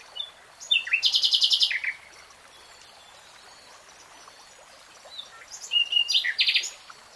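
Nightingale song with two bursts of fast, churring trilled notes separated by several seconds of quiet.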